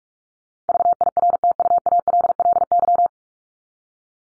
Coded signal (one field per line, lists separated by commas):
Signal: Morse code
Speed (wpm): 44 wpm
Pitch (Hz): 700 Hz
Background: none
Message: VIRTUALLY